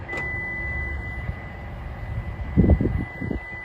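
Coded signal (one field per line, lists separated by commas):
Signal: beep code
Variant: Toyota smart key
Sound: one continuous high beep throughout, with clunks of door locks near the end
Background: door lock clunks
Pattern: 1 long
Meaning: Key left inside the car, so all the doors unlock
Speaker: the lights flash we hear a long beep and all the doors unlock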